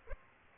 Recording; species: mosquito wingbeat signal from an infrared sensor; Aedes aegypti